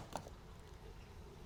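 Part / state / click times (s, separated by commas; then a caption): glass break detector onto its wall back plate / not seated / none. A plastic Honeywell Lyric SIXGB glass break detector is handled against its wall-mounted back plate, with the Honeywell logo on the detector lined up with the one on the plate. A brief sharp tap at 0.2 s stands out over a low, steady background. Nothing has seated or clicked yet.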